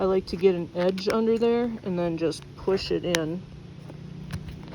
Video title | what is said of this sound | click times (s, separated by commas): Sprinter Vans Leak!! Here’s How to Fix the Side Panel Water Leak (DIY Van Build Tip) | you should hear it click back in there we go and it's back in | 4.3 s